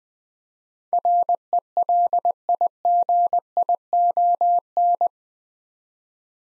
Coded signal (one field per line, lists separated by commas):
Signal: Morse code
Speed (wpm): 20 wpm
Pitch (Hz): 700 Hz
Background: none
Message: RELIGION